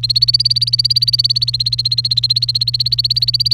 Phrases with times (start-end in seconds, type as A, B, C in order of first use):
0.00-3.54 A